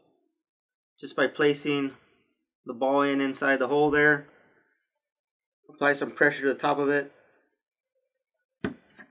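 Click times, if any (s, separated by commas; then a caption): 8.6 s. Someone talks while a ball stud is pressed into the hole of a plastic roller cage socket for a Kossel Clear 3D printer, pushed on top with pliers or the butt end of a tool against a hard surface. A sharp pop at 8.7 s marks the ball joint snapping into the socket, where it is seated and should move freely.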